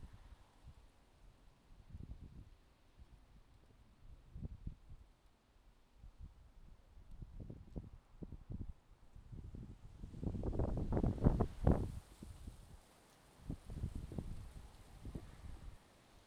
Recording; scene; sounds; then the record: everyday scene through a hearing-aid microphone; wind on the microphone; wind, traffic, birds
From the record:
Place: suburban garden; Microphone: in the ear canal, left